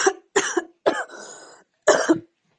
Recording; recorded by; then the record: voluntary cough; messaging app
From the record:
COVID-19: negative